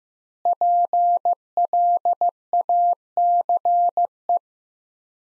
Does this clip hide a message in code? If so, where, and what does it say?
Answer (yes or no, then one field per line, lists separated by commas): yes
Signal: Morse code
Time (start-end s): 0.5-4.4 s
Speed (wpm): 14 wpm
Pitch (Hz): 700 Hz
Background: none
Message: PLACE